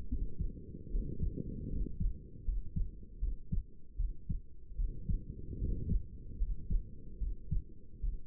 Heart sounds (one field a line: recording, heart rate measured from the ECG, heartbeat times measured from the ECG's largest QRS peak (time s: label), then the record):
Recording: heart sounds by stethoscope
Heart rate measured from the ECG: 76 bpm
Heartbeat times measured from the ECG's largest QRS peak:
0.08 s: heartbeat
0.90 s: heartbeat
1.69 s: heartbeat
2.44 s: heartbeat
3.20 s: heartbeat
3.97 s: heartbeat
4.76 s: heartbeat
5.59 s: heartbeat
6.38 s: heartbeat
7.19 s: heartbeat
8.01 s: heartbeat
From the record:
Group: healthy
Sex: male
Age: 35 years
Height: 180 cm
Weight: 86.9 kg